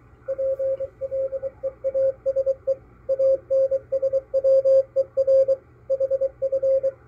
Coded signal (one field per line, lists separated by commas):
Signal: Morse code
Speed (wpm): 22 wpm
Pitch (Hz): 540 Hz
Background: radio noise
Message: PLEASE ANSWER HF